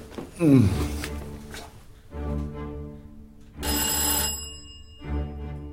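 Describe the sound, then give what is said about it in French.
A doorbell at someone's door rings again and again as a visitor keeps pressing it, four loud buzzing electric rings with short gaps between them, the last one cut off. No one speaks. “Tu vas lâcher ma sonnette?”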